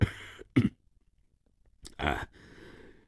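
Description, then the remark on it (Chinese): A man, the father of the character 洛金 in a story reading, coughs in a few short, rough bursts: two quick ones at first, then after a pause a harsher, throaty cough trailing off into a breathy rasp. “过了一会儿，洛金的父亲咳嗽了一声。”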